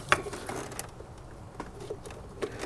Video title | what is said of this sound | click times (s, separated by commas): P0051 Code FIXED! How to Diagnose ANY Heated O2/AFR Sensor Heater Circuit Malfunction FAST | Push until it clicks. And you're all good. | 0.1 s